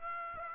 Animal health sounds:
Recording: mosquito wingbeat signal from an infrared sensor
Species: Aedes aegypti

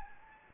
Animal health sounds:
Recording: mosquito wingbeat signal from an infrared sensor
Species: Anopheles gambiae

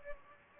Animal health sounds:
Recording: mosquito wingbeat signal from an infrared sensor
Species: Anopheles gambiae

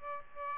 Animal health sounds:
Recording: mosquito wingbeat signal from an infrared sensor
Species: Aedes aegypti

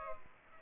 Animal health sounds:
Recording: mosquito wingbeat signal from an infrared sensor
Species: Culex pipiens

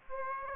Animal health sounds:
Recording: mosquito wingbeat signal from an infrared sensor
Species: Aedes aegypti

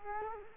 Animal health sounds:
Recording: mosquito wingbeat signal from an infrared sensor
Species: Culex quinquefasciatus

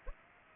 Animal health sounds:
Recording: mosquito wingbeat signal from an infrared sensor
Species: Aedes aegypti

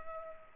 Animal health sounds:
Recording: mosquito wingbeat signal from an infrared sensor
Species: Culex pipiens

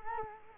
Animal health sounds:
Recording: mosquito wingbeat signal from an infrared sensor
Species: Culex quinquefasciatus

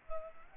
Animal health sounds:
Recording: mosquito wingbeat signal from an infrared sensor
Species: Culex pipiens

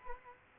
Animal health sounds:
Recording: mosquito wingbeat signal from an infrared sensor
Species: Culex quinquefasciatus

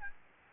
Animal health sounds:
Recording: mosquito wingbeat signal from an infrared sensor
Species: Aedes albopictus

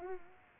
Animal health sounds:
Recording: mosquito wingbeat signal from an infrared sensor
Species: Culex pipiens

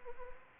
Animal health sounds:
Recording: mosquito wingbeat signal from an infrared sensor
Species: Anopheles arabiensis

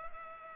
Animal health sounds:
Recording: mosquito wingbeat signal from an infrared sensor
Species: Culex pipiens

